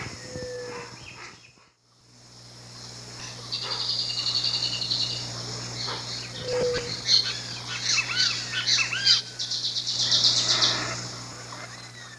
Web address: S America Eastern Lowlands Agelasticus xanthophthalmus, calls and song